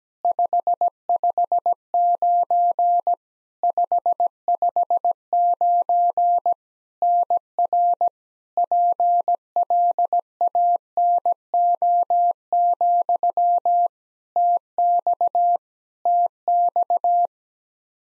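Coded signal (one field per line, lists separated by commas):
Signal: Morse code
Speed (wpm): 17 wpm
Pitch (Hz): 700 Hz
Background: none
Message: 559 559 NR PLANO, TX TX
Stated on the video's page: Practice QSO beginning segment (RST, QTH, name) sent at 17 wpm for head-copy, sent twice.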